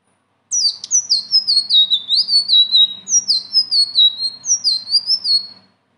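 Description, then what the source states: Leafbird song: one continuous five-second run of loud, high, down-slurred whistles delivered at a rapid pace. Bird singing persistently (gacor) with rolling phrases (ngeroll) and fill-in phrases (isian); training song (masteran).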